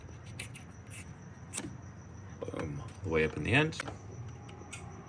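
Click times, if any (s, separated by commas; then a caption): 4.7 s. A heat-expanded metal motor-to-transmission coupler, held in gloved hands, is pressed onto the shaft of a HyPer9 electric motor being mated to the transmission of a Volvo 164 EV build. Someone talks over faint metallic taps and handling noises. The coupler bottoms out with a click at 4.7 s and is seated.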